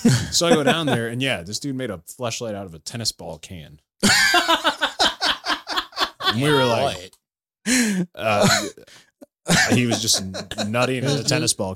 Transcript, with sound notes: So I go down there and yeah, this dude made a flashlight out of a tennis ball can. (laughing) And we were like, he was just nutty in his tennis ball can.